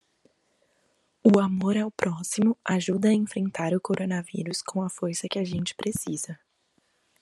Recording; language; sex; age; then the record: spoken sentence; Brazilian Portuguese; female; 20 to 29 years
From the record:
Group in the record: control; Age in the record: 20 years